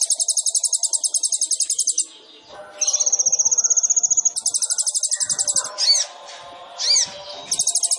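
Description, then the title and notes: Sunbird song: rapid high trills, a steady lower trill in the middle, and two quick sweeping notes before the trill returns. Indonesian masteran training recording for songbirds; bird in full song (gacor), with full fills (isian) and showy bursts (tembakan), described as suitable as a lure (pancingan). "MASTERAN KOLIBRI NINJA TERBAIK FULL ISIAN DAN TEMBAKAN MEWAH COCOK BUAT PANCINGAN. Suara Burung Kolibri Ninja Gacor"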